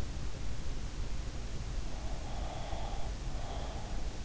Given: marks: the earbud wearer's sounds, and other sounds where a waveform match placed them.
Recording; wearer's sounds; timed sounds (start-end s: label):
sounds in sleep by an in-ear microphone; breath
2.00-4.13 s: breath